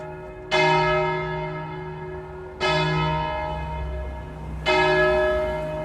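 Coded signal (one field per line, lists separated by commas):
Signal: bell signal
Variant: single bell, distesa ringing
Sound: a large church bell swinging, three deep resonant strokes about two seconds apart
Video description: Segnale orario (composto da ritornello dell'Ave Maria di Lourdes e battiore) e Distesa del Mi♭³ come Angelus feriale delle ore 12.00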